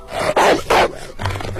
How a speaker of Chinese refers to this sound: 该死，哪来的疯狗啊。